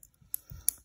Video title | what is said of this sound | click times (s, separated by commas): Immortal Warrior! Zest Achilles review! | twist it until you hear it click. | 0.3 s, 0.7 s